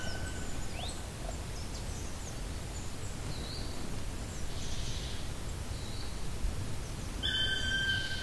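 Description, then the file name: Black woodpecker starting a long, ringing call at the very end, after a stretch of scattered high chirps and twitters from other birds. "patrick franke-schwarzspecht-black woodpecker-dryocopus martius"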